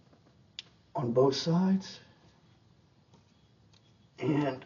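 A retaining clip is pressed home on the A/C compressor bracket of a 2005 Chevy Avalanche (GMT800 pickup truck) while a part is reinstalled during an A/C clutch replacement. A single sharp click sounds at 0.6 s, followed by someone talking and a few faint ticks. The clip is seated.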